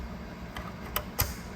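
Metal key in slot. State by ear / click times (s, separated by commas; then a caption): seated / 1.0 s, 1.2 s. Metal radio removal keys are pushed into the release slots of an Android car radio head unit for an Audi R8. A faint tick at about 0.6 s is followed by two sharp metallic clicks at 1.0 s and 1.2 s as the keys seat in place.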